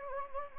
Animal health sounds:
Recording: mosquito wingbeat signal from an infrared sensor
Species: Anopheles gambiae

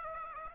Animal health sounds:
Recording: mosquito wingbeat signal from an infrared sensor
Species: Aedes aegypti

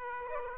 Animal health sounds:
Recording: mosquito wingbeat signal from an infrared sensor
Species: Aedes aegypti

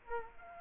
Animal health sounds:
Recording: mosquito wingbeat signal from an infrared sensor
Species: Culex quinquefasciatus

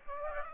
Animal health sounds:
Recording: mosquito wingbeat signal from an infrared sensor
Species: Aedes aegypti

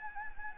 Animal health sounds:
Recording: mosquito wingbeat signal from an infrared sensor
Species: Anopheles gambiae

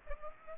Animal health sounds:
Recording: mosquito wingbeat signal from an infrared sensor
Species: Aedes aegypti

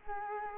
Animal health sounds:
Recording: mosquito wingbeat signal from an infrared sensor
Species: Culex quinquefasciatus

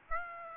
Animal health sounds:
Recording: mosquito wingbeat signal from an infrared sensor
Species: Aedes aegypti

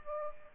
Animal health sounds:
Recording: mosquito wingbeat signal from an infrared sensor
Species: Aedes aegypti

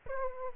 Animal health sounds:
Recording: mosquito wingbeat signal from an infrared sensor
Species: Aedes aegypti

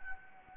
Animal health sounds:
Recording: mosquito wingbeat signal from an infrared sensor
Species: Anopheles gambiae

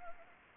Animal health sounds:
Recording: mosquito wingbeat signal from an infrared sensor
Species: Anopheles gambiae

